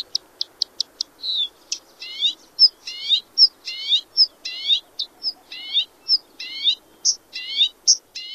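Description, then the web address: Bluethroat singing a varied phrase. A few thin, ticking notes lead into alternating buzzy, slurred notes and clear, ringing ones, about one each half second. Recorded in North America. "Songs of Birds of North America Stokes. Bluethroat"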